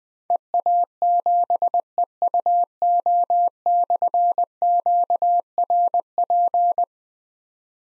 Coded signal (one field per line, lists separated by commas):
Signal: Morse code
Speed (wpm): 20 wpm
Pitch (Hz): 700 Hz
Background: none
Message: EA7EUO/QRP